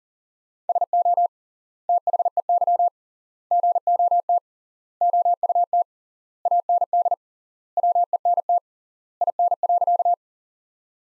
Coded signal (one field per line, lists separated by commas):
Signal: Morse code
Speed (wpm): 37 wpm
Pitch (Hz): 700 Hz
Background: none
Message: SO THEY GOT OUT AND WENT IN.